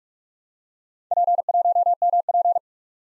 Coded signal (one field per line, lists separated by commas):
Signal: Morse code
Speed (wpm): 46 wpm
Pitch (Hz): 700 Hz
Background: none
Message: P1MP